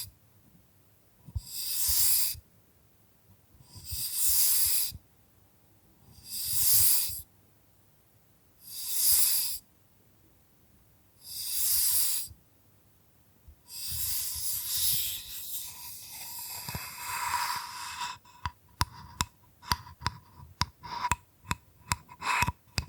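Bamboo brushed in six regular bright swishes, then a longer rough scratching stretch, ending in quick sharp taps around eighteen seconds onward.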